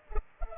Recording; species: mosquito wingbeat signal from an infrared sensor; Culex pipiens